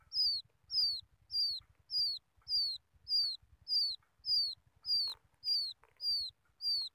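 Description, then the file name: Quail chick producing a regular run of sharp, falling whistled notes, roughly every 0.6 seconds. Quail chick calling its mother. "tieng cut con goi me"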